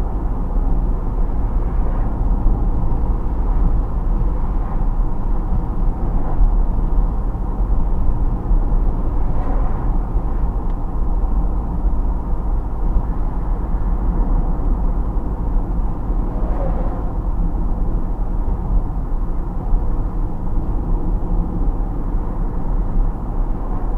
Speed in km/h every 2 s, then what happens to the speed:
74, 75, 75, 74, 75, 75, 74, 70, 66, 66, 64, 64.
0-10 steady at about 75. 10-16 slows to 66. 16-24 steady at about 64.